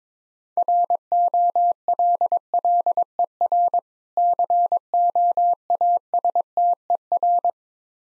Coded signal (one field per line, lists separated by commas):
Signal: Morse code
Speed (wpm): 22 wpm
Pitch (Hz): 700 Hz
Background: none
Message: ROLLER COASTER